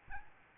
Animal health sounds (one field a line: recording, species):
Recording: mosquito wingbeat signal from an infrared sensor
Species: Aedes albopictus